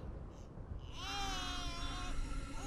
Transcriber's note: baby crying